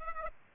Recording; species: mosquito wingbeat signal from an infrared sensor; Aedes aegypti